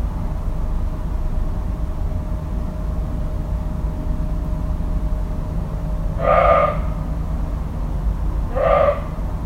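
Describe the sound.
Deer calling twice, about two and a half seconds apart: brief notes with a rich harmonic stack, over a constant low background rumble.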